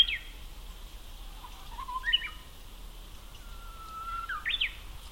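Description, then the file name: Japanese bush warbler song: a long held whistle leading to a bright rising-falling end note, heard in repeated phrases with a steady hiss behind. Recorded at Akasaka on 2 April 2022. "uguisu akasaka"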